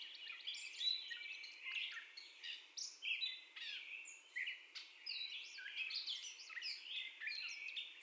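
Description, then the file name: Catbird singing a fast, rambling series of scratchy chatter and sharp squeaks, pitch jumping up and down from phrase to phrase. First song, recorded 30 May 2021. "2021-05-30 Catbird First Song"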